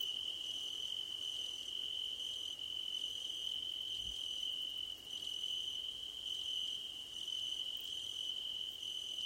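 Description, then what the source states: Crickets trill steadily at high pitch while fainter chirps repeat regularly above, with a single soft low thump midway. Crickets at night under a starlit sky, presented as nighttime ambience for sleep and relaxation.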